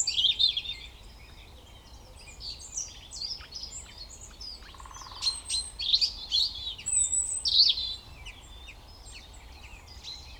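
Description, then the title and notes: European robin singing: a run of short, varied high twittering phrases with thin sweeping notes and trills, separated by brief pauses, with soft steady background hiss. Koniówka, Lesser Poland, Poland; Zoom F3 recorder with Usi Pro drop rig. "Koniówka, województwo małopolskie, Polska - Robin, King of the Petland. Recordist: Maciej Wirmański"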